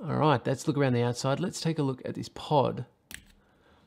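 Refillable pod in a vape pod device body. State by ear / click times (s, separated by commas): released / 3.1 s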